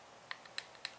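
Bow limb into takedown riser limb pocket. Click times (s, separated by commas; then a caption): 0.3 s, 0.6 s, 0.8 s. A 44-pound Samick bottom limb is lined up with its pin and pushed into the limb pocket of a Cartel Fantom 68-inch takedown riser. Sharp, bright clicks ring out at 0.3, 0.6 and 0.9 seconds, with a fainter tick between the first two. The limb snaps in and locks, fully seated.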